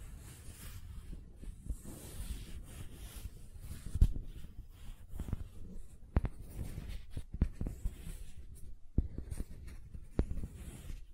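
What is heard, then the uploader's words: Gentle tapping and rubbing on silicone makes a dense, low, soft texture of muffled contact sounds throughout. Sharper clicks stand out near 4, 6, 9 and 10 seconds, with a faint hiss above. The sounds stay quiet and steady, without clear rhythm. ASMR Gentle Silicon Sounds for Sleep (No Talking).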